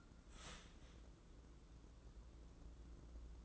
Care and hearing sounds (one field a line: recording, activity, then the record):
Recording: daily activity, microphone in the room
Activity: start toaster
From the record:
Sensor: 3